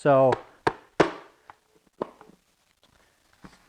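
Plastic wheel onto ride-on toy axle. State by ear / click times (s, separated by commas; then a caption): seated / 0.7 s, 1.0 s. Someone talks briefly as a plastic wheel is knocked onto the axle of a Tesla Cybertruck-styled 12-volt ride-on toy. Two sharp knocks at 0.7 s and 1.0 s mark the wheel's retaining clip engaging, followed by a few fainter taps. The wheel is seated and confirmed clicked in.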